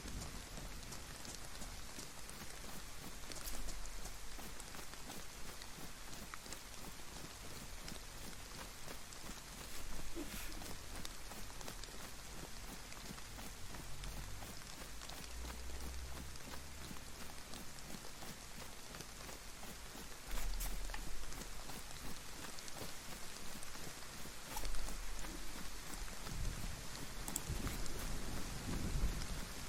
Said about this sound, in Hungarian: Igen, egyébként esik az eső. Nem meglepő módon esik az eső. Csodálatos, fantasztikus.